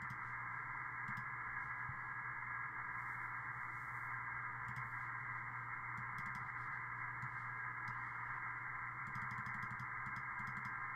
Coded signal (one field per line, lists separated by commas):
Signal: FT8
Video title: PiTop Raspberry Pi Laptop For Ham Radio FT8 SDRPlay